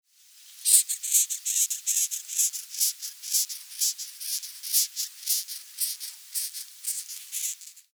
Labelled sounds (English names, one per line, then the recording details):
Rosalia Longicorn
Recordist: Frommolt, Karl-Heinz
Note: Stridulationsgeräusche